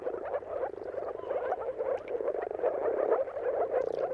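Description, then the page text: Moor frog mating chorus: numerous soft, hollow, bubbling calls blending into a steady, throbbing wash of sound. Moor frog mating calls in a dawn chorus at sunrise, at the turn of March and April depending on the weather; many frogs calling together; recorded by Jakub Orzecki. "earth-fm Jakub-Orzecki moor frogs. Dawn’s Chorus: Mating Calls of Marsh Frogs at Sunrise. Depending on the weather at the turn of March and April, you can witness an amazing spectacle of moor frogs"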